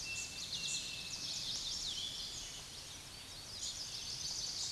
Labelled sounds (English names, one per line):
Chestnut-sided Warbler song